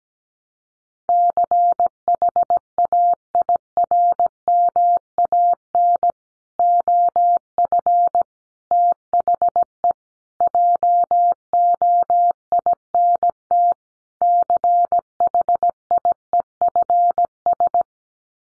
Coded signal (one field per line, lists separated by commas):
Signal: Morse code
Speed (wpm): 17 wpm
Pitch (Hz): 700 Hz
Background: none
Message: CHAIRMAN OF THE JOINT CHIEFS